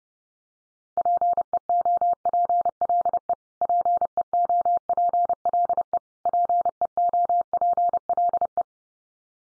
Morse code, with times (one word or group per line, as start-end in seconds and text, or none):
1.0-3.3 PEOPLE
3.6-6.0 PEOPLE
6.3-8.6 PEOPLE